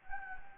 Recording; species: mosquito wingbeat signal from an infrared sensor; Anopheles gambiae